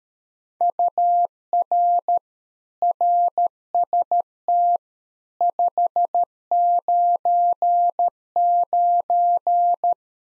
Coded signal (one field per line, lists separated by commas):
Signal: Morse code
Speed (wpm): 13 wpm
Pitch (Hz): 700 Hz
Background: none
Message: UR RST 599